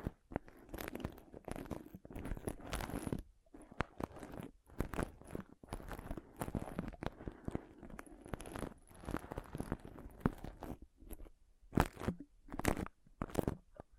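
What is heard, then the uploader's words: Pom poms are squeezed and rubbed in dense, crackly rustling bursts with brief pauses, the first around three seconds in. The texture is crunchy and bright, and near the end it breaks into a few sharper, separate crunches and taps. ASMR Ultimate Pom Pom Tingles (No Talking).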